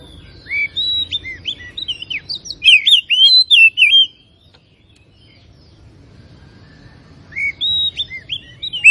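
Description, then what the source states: Oriental magpie-robin song: a phrase of fluty, wavering whistles, then about three seconds of quiet before the bird starts singing again. Known locally as kacer; labelled Tretes; described as gacor, singing actively and continuously.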